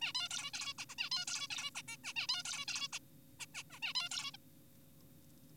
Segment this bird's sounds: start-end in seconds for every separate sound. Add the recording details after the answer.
0.01-0.13, 0.15-0.28, 0.31-0.51, 0.54-0.73, 0.79-0.85, 0.89-0.95, 0.98-1.09, 1.12-1.25, 1.28-1.47, 1.50-1.71, 1.75-1.82, 1.88-1.97, 2.04-2.13, 2.16-2.27, 2.29-2.42, 2.45-2.65, 2.68-2.88, 2.93-2.99, 3.40-3.46, 3.54-3.63, 3.71-3.80, 3.83-3.93, 3.95-4.09, 4.11-4.31, 4.34-4.37. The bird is an adult. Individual g4p5U